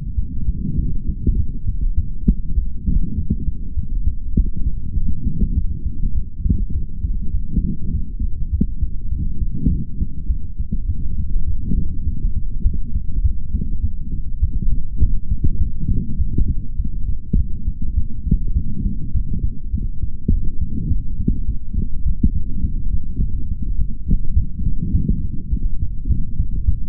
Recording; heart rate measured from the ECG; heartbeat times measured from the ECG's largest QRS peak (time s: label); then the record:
heart sounds by stethoscope; 102 bpm
0.16 s: heartbeat
0.76 s: heartbeat
1.36 s: heartbeat
1.96 s: heartbeat
2.56 s: heartbeat
3.15 s: heartbeat
3.75 s: heartbeat
4.35 s: heartbeat
4.94 s: heartbeat
5.54 s: heartbeat
6.13 s: heartbeat
6.73 s: heartbeat
7.32 s: heartbeat
7.92 s: heartbeat
8.51 s: heartbeat
9.10 s: heartbeat
9.69 s: heartbeat
10.28 s: heartbeat
10.87 s: heartbeat
11.46 s: heartbeat
12.04 s: heartbeat
12.63 s: heartbeat
13.22 s: heartbeat
13.81 s: heartbeat
14.40 s: heartbeat
14.99 s: heartbeat
15.59 s: heartbeat
16.18 s: heartbeat
16.77 s: heartbeat
17.36 s: heartbeat
17.95 s: heartbeat
18.54 s: heartbeat
19.13 s: heartbeat
19.71 s: heartbeat
20.30 s: heartbeat
20.88 s: heartbeat
21.46 s: heartbeat
22.04 s: heartbeat
22.62 s: heartbeat
23.19 s: heartbeat
23.77 s: heartbeat
24.34 s: heartbeat
24.92 s: heartbeat
25.50 s: heartbeat
26.08 s: heartbeat
26.66 s: heartbeat
From the record:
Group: healthy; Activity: light exercise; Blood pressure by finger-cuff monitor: 137/66 mmHg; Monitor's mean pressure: 88 mmHg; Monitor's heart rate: 102 bpm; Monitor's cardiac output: 5.9 L/min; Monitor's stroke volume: 59 mL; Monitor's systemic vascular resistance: 1060 dyn s/cm5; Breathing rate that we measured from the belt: 27 breaths a minute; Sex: male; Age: 55 years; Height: 167 cm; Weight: 57.2 kg